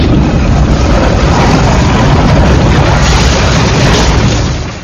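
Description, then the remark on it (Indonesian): A Maxipack MSP 1200C packaging machine for powder, granules and grain runs with a loud, steady mechanical roar, dense and unbroken for several seconds before it tapers off at the end. No voices. “Mesin piring tepung dan biji-bijian tipe MSP 1200C dari Maxipack.”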